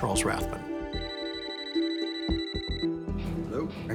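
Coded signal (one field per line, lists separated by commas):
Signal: none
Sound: phone ringing beeps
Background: speech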